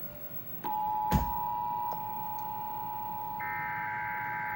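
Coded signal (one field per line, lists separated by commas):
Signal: Emergency Alert System (SAME) tones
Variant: 853 and 960 Hz attention tone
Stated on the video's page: Real tornado warning for south central Ohio relayed by Trilithic EASyCAST and Sage Endec; output volume at maximum causing popping.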